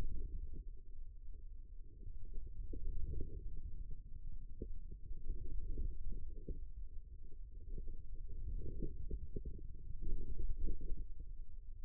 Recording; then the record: forearm muscle sounds (acoustic myography)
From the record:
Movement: ulnar deviation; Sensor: system 2, bracelet of six BSWA MPA416 microphones around the upper forearm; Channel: 3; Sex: female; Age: 25 years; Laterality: right